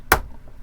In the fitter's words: you hear it snap that's it